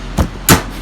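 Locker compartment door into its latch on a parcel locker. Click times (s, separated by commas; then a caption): 0.5 s. A metal compartment door on an InPost parcel locker is pushed closed into its latch. A softer thump comes around 0.2 s, then one loud bang at 0.5 s as the door latches shut. After that, the compartment can no longer be opened.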